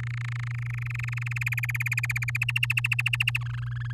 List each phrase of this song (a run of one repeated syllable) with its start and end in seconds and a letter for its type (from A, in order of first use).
0.00-1.39 A, 1.41-2.37 B, 2.41-3.38 C, 3.41-3.92 D